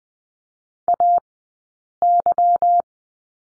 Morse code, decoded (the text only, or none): AY